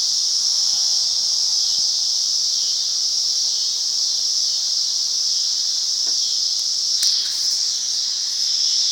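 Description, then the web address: Cicada song, an unbroken shrill buzzing drone at a constant pitch, briefly swelling with a click-like burst near the end. "cicadas. rickyb"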